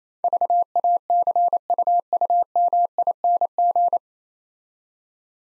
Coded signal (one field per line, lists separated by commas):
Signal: Morse code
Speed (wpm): 28 wpm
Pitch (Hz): 700 Hz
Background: none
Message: VACUUMING